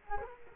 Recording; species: mosquito wingbeat signal from an infrared sensor; Culex quinquefasciatus